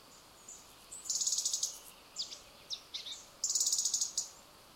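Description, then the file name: European robin giving two bright, rapid ticking bursts separated by a few short, thin notes. "Erithacus rubecula"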